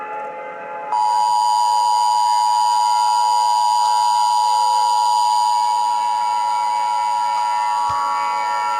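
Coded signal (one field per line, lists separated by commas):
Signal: Emergency Alert System (SAME) tones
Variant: 853 and 960 Hz attention tone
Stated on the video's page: Fictional EAS scenario alert tones.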